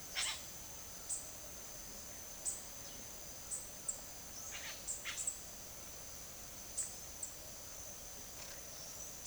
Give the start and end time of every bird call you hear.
[0.06, 0.44] bird call (0.7-9.6 kHz)
[0.97, 5.57] bird call (1.1-10.8 kHz)
[6.69, 7.43] bird call (6.7-10.0 kHz)

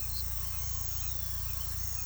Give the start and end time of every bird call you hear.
[0.92, 1.68] bird call (2.1-4.8 kHz)

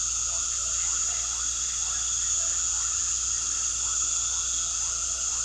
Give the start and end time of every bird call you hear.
[0.26, 2.54] bird call (0.3-0.8 kHz)

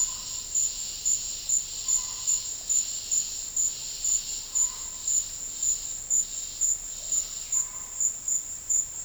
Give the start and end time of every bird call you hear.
[0.00, 0.51] bird call (0.5-1.5 kHz)
[1.82, 2.48] bird call (0.5-1.4 kHz)
[4.37, 5.10] bird call (0.6-1.5 kHz)
[7.44, 8.09] bird call (0.7-1.6 kHz)

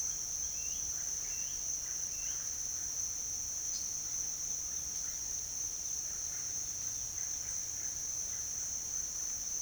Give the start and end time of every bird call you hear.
[0.46, 2.92] bird call (0.8-4.3 kHz)
[3.67, 3.85] bird call (3.2-7.5 kHz)
[4.51, 9.47] bird call (0.8-2.5 kHz)

